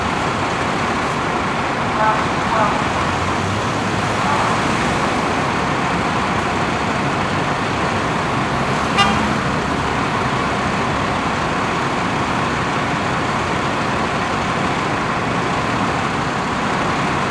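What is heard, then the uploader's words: A bus idles while waiting to depart, a steady dense rumble with faint chatter and one brief sharp click near nine seconds. Bus Waiting to Depart Ambience.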